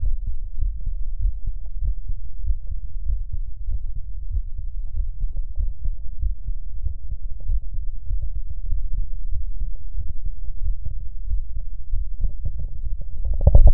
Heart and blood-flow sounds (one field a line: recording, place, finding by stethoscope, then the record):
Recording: heart sounds by stethoscope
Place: tricuspid valve (TV)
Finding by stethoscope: normal heart sounds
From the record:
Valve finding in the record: tricuspid regurgitation, grade 0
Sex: male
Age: 52 years